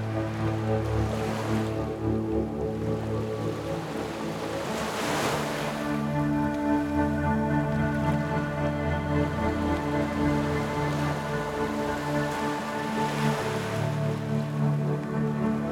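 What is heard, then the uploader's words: Soft, sustained music with long held low and mid tones runs steadily underneath gentle waves. Light surf washes in every few seconds, with clearer swells near the start, around five seconds and again near the end. Overall level stays even and calm. Music Over Light Crashing Waves.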